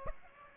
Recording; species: mosquito wingbeat signal from an infrared sensor; Aedes aegypti